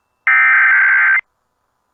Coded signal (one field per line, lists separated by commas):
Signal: Emergency Alert System (SAME) tones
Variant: header bursts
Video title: EAS High Wind Warning Southern Alaska NOAA Weather Radio (KINY)